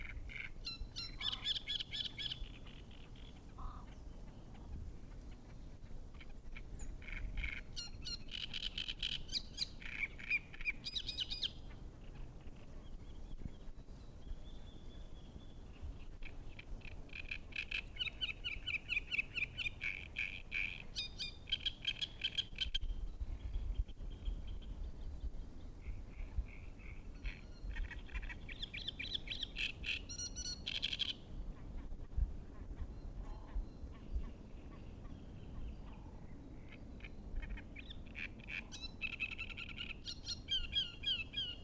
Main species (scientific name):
Acrocephalus arundinaceus